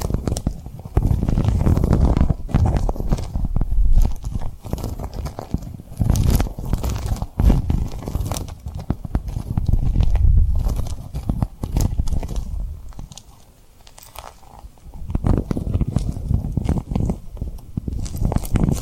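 Tapping and rubbing on rhinestones, heard as a dense run of soft, low thuds and brushing sounds with frequent sharp clicks scattered throughout. Activity stays busy but eases into a quieter stretch around thirteen to fifteen seconds before picking back up.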